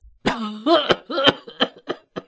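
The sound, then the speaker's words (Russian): An old woman, a laundress who has just woken up, has a coughing fit: a couple of long, rasping, voiced coughs followed by four short, sharp hacking bursts that come quicker and grow fainter toward the end. “Она тотчас же проснулась и закашлялась старческим кашлем.”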